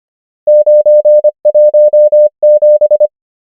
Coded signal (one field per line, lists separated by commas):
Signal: Morse code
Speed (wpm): 25 wpm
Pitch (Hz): 600 Hz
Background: none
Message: 9 1 7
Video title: morse code practice | 25wpm | 24fw | numbers | ENGLISH